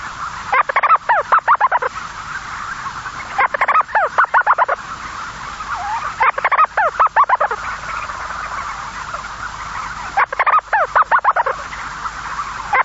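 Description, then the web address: Storm petrel chattering: four separate bursts of rapid, falling, stuttered notes, a few seconds apart, with a steady hiss throughout. "sikioto. umitsubame"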